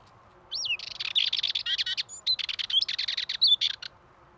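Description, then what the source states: Dartford warbler song: a scratchy, rattling phrase of buzzy chattering notes mixed with a few clearer whistled slurs, over quiet background. Male singing at Pornic, Loire-Atlantique, France.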